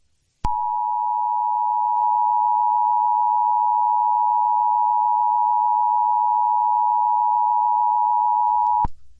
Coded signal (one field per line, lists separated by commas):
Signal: Emergency Alert System (SAME) tones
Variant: 853 and 960 Hz attention tone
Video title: EAS Child Abduction Emergency Amber Alert Recreation (Texas)